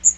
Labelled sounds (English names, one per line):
Magnolia Warbler flight call